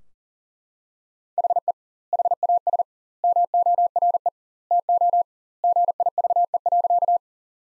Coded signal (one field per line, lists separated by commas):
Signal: Morse code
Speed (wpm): 40 wpm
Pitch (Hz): 700 Hz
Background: none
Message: HE HAS MORE TO GIVE.